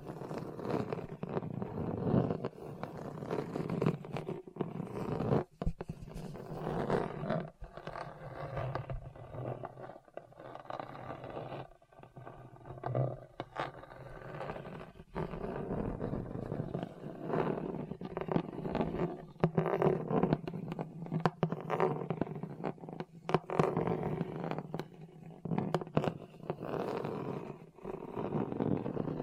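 Scratching across a hard, bumpy surface continues for the whole stretch as a rough, grinding rasp that sits mostly in the low and middle range. It stays dense and uneven, broken by frequent sharp clicks and knocks at irregular moments, with a few brief drops in level.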